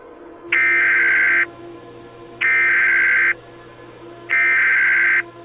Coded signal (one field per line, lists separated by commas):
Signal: Emergency Alert System (SAME) tones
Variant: header bursts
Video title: Warden's Wrath (An EAS/Analog Horror Scenario)